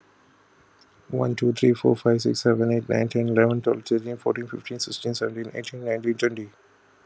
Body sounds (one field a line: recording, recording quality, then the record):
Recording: counting at a fast pace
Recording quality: excellent, no background noise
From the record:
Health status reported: healthy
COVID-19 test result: negative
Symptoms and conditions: none ticked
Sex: male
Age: 30 years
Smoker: yes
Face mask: not worn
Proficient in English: yes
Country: India